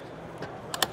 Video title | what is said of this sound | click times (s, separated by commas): Kicked him out of TORO exbibit at the Machinery show? You'll Love this! | Bam, locked into place, knock this guy back down, and you're ready to mow. | 0.7 s, 0.8 s